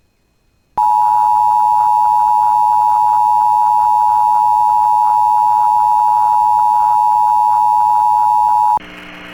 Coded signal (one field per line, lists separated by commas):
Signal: Emergency Alert System (SAME) tones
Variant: 853 and 960 Hz attention tone